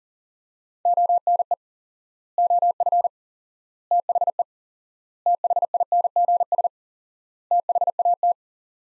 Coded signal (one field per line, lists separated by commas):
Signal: Morse code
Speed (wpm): 40 wpm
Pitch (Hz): 700 Hz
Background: none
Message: ONE OF THE THINGS THAT